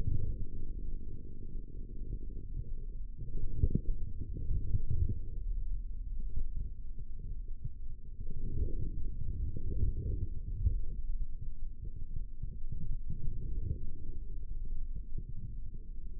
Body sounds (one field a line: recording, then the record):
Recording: forearm muscle sounds (acoustic myography)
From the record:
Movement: forearm supination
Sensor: system 3, bracelet of six PUI Audio POM-2738L microphones around the upper forearm, with dedicated amplification and filtering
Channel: 5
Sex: male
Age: 25 years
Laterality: right